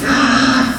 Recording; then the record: squeal of a Yucatan mini pig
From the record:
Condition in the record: after surgery on the right vocal fold (resection and tissue-engineered implant); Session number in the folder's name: 7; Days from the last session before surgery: 47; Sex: female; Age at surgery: 19 weeks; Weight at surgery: 25 kg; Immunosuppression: prednisolone